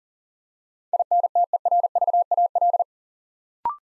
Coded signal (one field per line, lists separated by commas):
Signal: Morse code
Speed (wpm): 42 wpm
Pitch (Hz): 700 Hz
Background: none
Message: INTERVAL